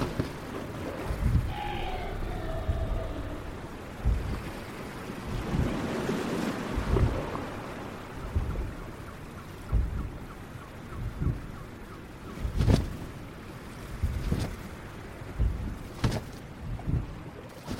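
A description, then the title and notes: Ocean waves rumble low and steady, with one fuller wash swelling and breaking around the middle. Early on, a soft, wavering dragon-like cry rises and falls, and later a few sharp knocks land near the end over the constant windy roar. Dragon's island ASMR ambience. Relaxing ocean wave with soft dragon sounds.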